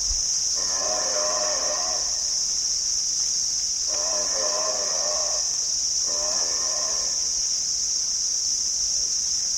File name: Abbott's booby